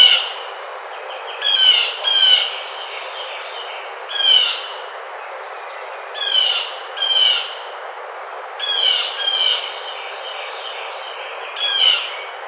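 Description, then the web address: Blue jay making harsh jeering calls, single and paired notes spaced irregularly, with soft background noise between them. 18 June 2009. "Blue Jay 2009 06 18"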